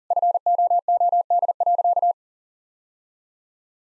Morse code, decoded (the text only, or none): FOOD.